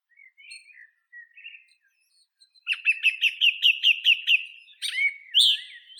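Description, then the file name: Song thrush song: a few thin, scattered whistles, then a fast run of about nine identical sharp notes repeated, followed by squeakier higher phrases. "Neizvesten - Drozd pevchij Turdus philomelos (Zvyki com)"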